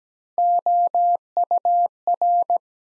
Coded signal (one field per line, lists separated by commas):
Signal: Morse code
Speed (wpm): 17 wpm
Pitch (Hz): 700 Hz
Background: none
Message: OUR